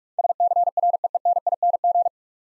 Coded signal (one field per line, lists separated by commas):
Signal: Morse code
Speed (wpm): 46 wpm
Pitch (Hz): 700 Hz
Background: none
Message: SCREENING